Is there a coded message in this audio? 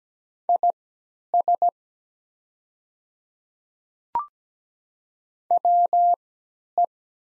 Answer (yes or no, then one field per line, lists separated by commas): yes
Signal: Morse code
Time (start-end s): 0.5-6.8 s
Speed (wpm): 17 wpm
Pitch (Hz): 700 Hz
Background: none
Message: IS WE